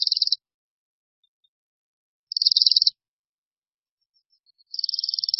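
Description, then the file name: Bohemian waxwing calls: high, thin buzzy trills, each a rapid string of notes lasting about half a second, repeated three times with silent gaps. "Brkoslav severní"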